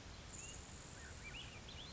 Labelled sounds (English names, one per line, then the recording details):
Grasshopper Sparrow
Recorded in Sonoma County, California